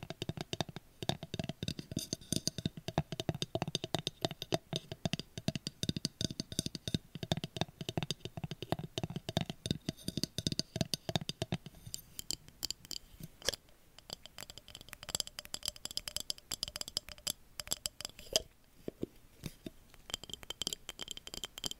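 Rapid, dense tapping and scratching clicks run throughout, fuller and lower for the first twelve seconds, then thinner, brighter and more scattered.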